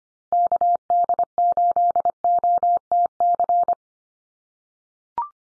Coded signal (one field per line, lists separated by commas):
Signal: Morse code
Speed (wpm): 25 wpm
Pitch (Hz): 700 Hz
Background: none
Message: KD8OTC